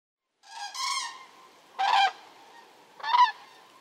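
Common crane calls: three separate rolling, trumpeting honks spaced about a second apart, the first one longer and drawn out.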